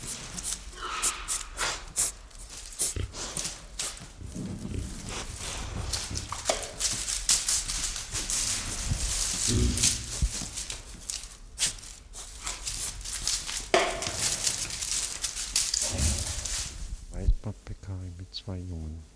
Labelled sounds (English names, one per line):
White-lipped Peccary